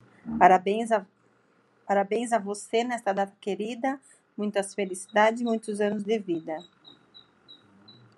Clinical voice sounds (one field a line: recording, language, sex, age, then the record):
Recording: short text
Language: Brazilian Portuguese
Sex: female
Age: 40 to 49 years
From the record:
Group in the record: control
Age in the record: 42 years